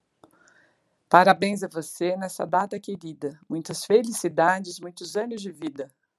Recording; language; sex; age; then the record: short text; Brazilian Portuguese; female; 50 to 59 years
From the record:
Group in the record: control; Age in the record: 58 years